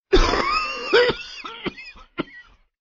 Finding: Cough.